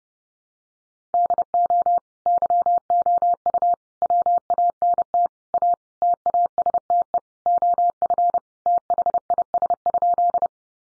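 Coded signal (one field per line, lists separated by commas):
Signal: Morse code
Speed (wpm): 30 wpm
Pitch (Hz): 700 Hz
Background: none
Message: DO YOU WANT A TASTE OF THIS?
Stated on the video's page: Practice sentences from the top 1100 words sent in Morse at 30 wpm, each sent twice for head-copy training.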